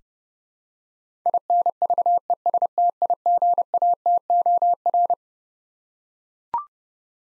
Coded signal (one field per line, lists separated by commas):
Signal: Morse code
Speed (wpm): 30 wpm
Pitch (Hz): 700 Hz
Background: none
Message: INVESTIGATOR